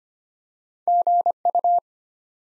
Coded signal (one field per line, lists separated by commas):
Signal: Morse code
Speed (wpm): 25 wpm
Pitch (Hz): 700 Hz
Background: none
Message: GU